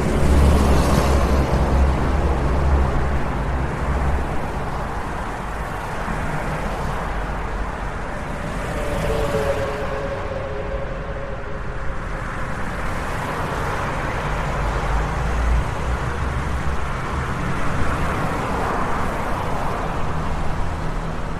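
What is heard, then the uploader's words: Steady road noise from a highway, a dense continuous rumble of passing traffic with a strong low hum. Loudness swells slightly near the start and again after about fifteen seconds as vehicles pass, and a brief tonal whine rises around nine to ten seconds. Road Noise and Highway Sounds.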